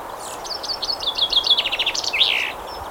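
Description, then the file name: Common chaffinch song: a series of crisp high notes tumbling downward into a rattling run, finished with a brief slurred flourish, steady hiss behind. "Fringilla coelebs"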